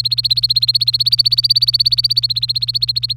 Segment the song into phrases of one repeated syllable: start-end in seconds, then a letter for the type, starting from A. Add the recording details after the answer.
0.00-3.13 A. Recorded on 24 April 2018 at 18:16. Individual llb3